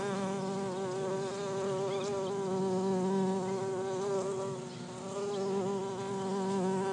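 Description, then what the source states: Bumblebee hum, a soft, steady drone of stacked harmonic tones with gentle swells in loudness. Bumblebee hive.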